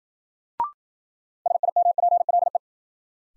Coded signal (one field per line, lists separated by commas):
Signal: Morse code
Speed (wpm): 52 wpm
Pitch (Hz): 700 Hz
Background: none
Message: SIMPLE